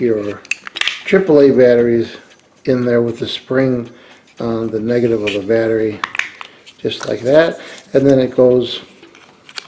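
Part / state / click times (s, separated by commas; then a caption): battery cover into remote control housing / seated / 9.6 s. Someone talks while two AAA batteries are installed in a UUO P6 projector remote, the spring taking the negative end of each battery. The plastic battery cover is then put back and pressed into the remote housing, and it locks in place with a sharp snap at 9.6 s.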